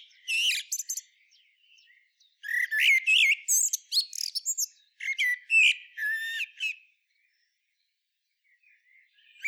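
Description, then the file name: Common blackbird singing a short warbled phrase, then a longer run of mellow notes and shrill twittering ending about seven seconds in, followed by near silence. "Turdus merula"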